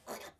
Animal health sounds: pig call; piglet (1 to 25 days)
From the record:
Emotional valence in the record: negative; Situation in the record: restrain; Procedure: back test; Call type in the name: low-frequency call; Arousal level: medium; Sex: male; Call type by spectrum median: low-frequency call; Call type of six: low-frequency tonal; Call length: 0.40 s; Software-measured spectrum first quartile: 658 Hz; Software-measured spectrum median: 1658 Hz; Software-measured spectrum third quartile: 5347 Hz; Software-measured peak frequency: 656 Hz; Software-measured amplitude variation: 178 dB a second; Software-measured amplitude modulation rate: 15.2 a second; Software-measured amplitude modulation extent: 11.7 dB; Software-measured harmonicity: 0.0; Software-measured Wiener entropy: -1.74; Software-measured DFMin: 1284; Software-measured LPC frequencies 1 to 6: 695, 1395, 2125, 3506, 4505, 5952 Hz

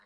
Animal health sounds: pig call; piglet (1 to 25 days)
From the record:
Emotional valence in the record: positive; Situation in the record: short reunion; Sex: male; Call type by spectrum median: low-frequency call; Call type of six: low-frequency tonal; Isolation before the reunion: 3 minutes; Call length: 0.05 s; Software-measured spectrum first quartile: 1076 Hz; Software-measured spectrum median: 1650 Hz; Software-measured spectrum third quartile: 2317 Hz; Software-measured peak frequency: 1738 Hz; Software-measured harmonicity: -0.9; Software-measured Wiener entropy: -0.47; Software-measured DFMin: 764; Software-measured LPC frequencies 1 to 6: 994, 1808, 3989, 5251, 6529, 8180 Hz

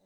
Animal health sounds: pig call; piglet (1 to 25 days)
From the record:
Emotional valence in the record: positive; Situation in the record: short reunion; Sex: male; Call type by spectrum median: low-frequency call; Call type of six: low-frequency tonal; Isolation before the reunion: 3 minutes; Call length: 0.06 s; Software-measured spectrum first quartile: 385 Hz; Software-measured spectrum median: 752 Hz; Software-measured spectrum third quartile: 4750 Hz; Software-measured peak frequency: 574 Hz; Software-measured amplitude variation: 12 dB a second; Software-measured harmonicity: 3.1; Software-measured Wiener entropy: -2.88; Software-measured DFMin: 1138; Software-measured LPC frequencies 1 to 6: 597, 1893, 3224, 3937, 6121, 8089 Hz

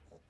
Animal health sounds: pig call; piglet (1 to 25 days)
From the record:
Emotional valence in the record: negative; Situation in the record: restrain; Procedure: back test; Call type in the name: low-frequency call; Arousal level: low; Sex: female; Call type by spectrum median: low-frequency call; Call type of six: low-frequency stable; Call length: 0.30 s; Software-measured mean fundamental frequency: 73 Hz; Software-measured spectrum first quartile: 227 Hz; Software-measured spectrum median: 513 Hz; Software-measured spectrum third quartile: 1448 Hz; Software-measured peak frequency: 496 Hz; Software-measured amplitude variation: 186 dB a second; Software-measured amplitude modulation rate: 24.8 a second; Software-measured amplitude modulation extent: 7.5 dB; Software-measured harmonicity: 10.7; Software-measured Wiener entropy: -1.08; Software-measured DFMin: 572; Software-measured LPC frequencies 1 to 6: 538, 2409, 4007, 5732, 7017, 8597 Hz

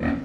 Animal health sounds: pig call; growing-finishing pig (85 days or more)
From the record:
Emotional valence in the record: negative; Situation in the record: barren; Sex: female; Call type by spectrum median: low-frequency call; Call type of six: low-frequency stable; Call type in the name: low-frequency stable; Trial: 1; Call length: 0.26 s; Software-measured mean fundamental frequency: 42 Hz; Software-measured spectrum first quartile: 227 Hz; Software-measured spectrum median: 363 Hz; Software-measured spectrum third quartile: 1102 Hz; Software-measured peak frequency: 255 Hz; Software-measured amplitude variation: 164 dB a second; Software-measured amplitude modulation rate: 25.5 a second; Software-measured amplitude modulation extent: 6.4 dB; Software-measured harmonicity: 1.6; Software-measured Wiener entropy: -1.71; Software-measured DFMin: 521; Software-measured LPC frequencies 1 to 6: 1850, 2456, 3400, 4084, 5608, 6461 Hz

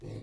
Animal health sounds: pig call; weaner (32 to 43 days)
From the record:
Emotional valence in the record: negative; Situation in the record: long isolation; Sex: female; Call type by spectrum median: low-frequency call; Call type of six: low-frequency stable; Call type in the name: low-frequency stable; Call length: 0.22 s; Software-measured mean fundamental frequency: 43 Hz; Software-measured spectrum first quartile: 115 Hz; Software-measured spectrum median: 229 Hz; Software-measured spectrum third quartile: 487 Hz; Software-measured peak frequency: 130 Hz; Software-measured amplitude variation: 114 dB a second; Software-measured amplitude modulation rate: 29.3 a second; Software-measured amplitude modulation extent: 3.9 dB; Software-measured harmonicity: -2.4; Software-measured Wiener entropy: 0.03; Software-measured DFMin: 1305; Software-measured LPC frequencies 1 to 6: 357, 2068, 3791, 4232, 5625, 7385 Hz

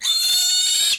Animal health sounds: pig call; piglet (1 to 25 days)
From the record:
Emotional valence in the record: negative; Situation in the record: castration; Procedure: castration, fixation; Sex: male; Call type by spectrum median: high-frequency call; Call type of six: high-frequency modulated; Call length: 0.99 s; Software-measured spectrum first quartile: 3876 Hz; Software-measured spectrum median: 4988 Hz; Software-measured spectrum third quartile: 7904 Hz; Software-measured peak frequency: 4369 Hz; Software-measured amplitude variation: 88 dB a second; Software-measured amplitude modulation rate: 23.8 a second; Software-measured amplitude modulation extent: 3.7 dB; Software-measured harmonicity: 10.9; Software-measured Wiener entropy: -3.19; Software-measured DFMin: 963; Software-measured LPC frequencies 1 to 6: 1465, 2894, 3626, 4329, 6531, 7330 Hz

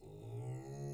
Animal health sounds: pig call; weaner (32 to 43 days)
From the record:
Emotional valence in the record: negative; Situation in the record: restrain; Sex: male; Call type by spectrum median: low-frequency call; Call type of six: low-frequency stable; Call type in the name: low-frequency stable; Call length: 0.95 s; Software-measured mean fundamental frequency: 62 Hz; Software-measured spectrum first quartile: 128 Hz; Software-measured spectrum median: 226 Hz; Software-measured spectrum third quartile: 569 Hz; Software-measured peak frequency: 130 Hz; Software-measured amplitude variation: 80 dB a second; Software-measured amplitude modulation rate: 24.8 a second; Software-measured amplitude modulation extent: 3.2 dB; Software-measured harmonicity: 1.1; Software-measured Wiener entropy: 0.02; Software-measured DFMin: 728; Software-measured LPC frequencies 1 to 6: 285, 728, 1948, 2606, 3658, 4198 Hz

